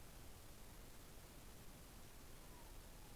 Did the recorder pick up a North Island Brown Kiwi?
no